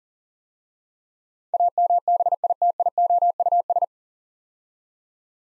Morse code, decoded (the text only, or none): AMBITIOUS